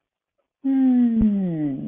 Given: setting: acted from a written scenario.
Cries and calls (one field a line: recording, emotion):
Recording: vocal sound without words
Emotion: serenity